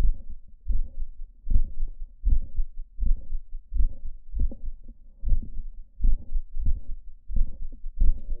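Low-pitched heart sounds at roughly 78 beats a minute with a clearly irregular rhythm, with systolic clicks and a late systolic murmur. These are atypical auscultatory signs of mitral valve prolapse during a paroxysm of atrial fibrillation, heard with the adult patient lying on the left side.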